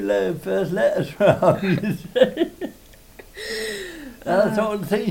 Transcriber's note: laughs